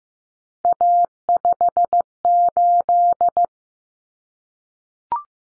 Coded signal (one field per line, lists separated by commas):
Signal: Morse code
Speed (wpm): 15 wpm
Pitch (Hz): 700 Hz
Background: none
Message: A58